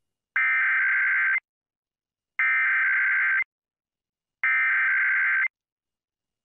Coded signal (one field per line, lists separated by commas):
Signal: Emergency Alert System (SAME) tones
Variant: header bursts